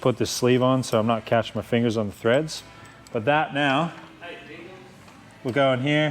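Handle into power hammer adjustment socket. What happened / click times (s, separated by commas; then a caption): Handled, not yet home: no seating click before the part goes in / none. A homemade stainless handle, a bolt with a sleeve welded on so fingers don't catch on the threads, is being handled and brought toward its socket on a power hammer's adjuster. Someone talks throughout, with soft handling noise in the pauses. Nothing has seated or clicked yet.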